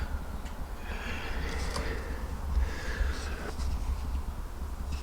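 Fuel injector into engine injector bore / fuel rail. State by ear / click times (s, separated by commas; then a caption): not seated / none. A fuel injector is pushed by hand into its injector bore and fuel rail during reassembly of an Audi TTS engine, over a steady low rumble with soft rustling. One faint, brief knock comes at 1.8 s, but there is no clear click. The injector has not gone home and has not seated or clicked yet.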